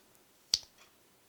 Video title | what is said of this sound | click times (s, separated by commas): Elliott Cansfield Honours Project Knife Walk and Talk Comparison | click in all positions | 0.5 s